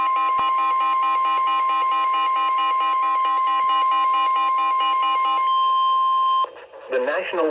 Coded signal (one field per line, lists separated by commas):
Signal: Emergency Alert System (SAME) tones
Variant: 1050 Hz attention tone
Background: speech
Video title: EAS #53 (SVR)